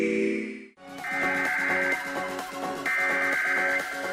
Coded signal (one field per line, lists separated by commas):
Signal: Emergency Alert System (SAME) tones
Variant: header bursts